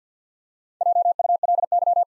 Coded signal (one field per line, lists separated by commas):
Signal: Morse code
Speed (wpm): 48 wpm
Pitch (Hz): 700 Hz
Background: none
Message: JULY